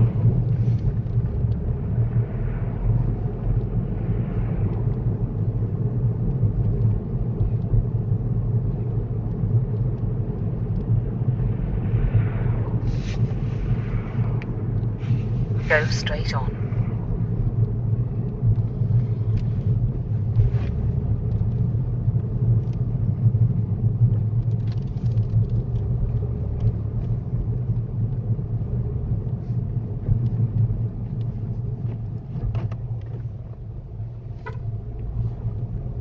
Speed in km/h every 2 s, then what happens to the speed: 23, 27, 29, 27, 27, 29, 27, 26, 21, 19, 21, 18, 19, 19, 16, 10, 8, 13.
0-3 speeds up to 29. 3-12 steady at about 27. 12-17 slows to 19. 17-27 steady at about 19. 27-31 slows to 8.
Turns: none.